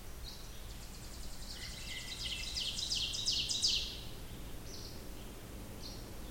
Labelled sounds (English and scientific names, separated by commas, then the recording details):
Ovenbird (Seiurus aurocapilla) song
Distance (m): 40 m
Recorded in boreal forest in Alberta, Canada, on 16 June 2016 at 06:31
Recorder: SongMeter 3, array SBT-3-32
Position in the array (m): 67 m, 166 m
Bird 37